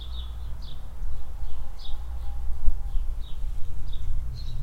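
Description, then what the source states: Swallows giving short twittering chirps in loose bursts, over a steady low rumble and soft wind. Swallows flying under a shed roof in a barn yard at the village centre of Hoscheid, early afternoon in spring, mellow wind.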